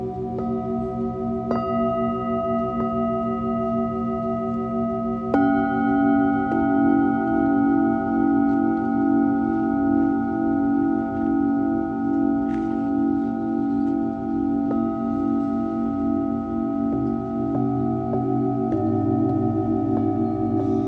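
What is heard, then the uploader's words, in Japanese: Singing bowls ring in a sound healing session, long sustained tones layered and humming with a steady, slow pulsing wobble. Fresh strikes land around 1.5, 5.5 and 19 seconds, the one near 5.5 seconds lifting the overall volume. The sound stays full, warm and continuous throughout. メキシコから シンギングボウルのサウンドヒーリング ライブ。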